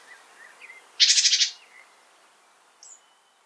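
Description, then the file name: Great tit uttering a single brief, rasping churr of rapid pulses, surrounded by faint quiet chirps and a short high note near the end. "Parus major"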